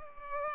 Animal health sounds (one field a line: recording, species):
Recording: mosquito wingbeat signal from an infrared sensor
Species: Culex pipiens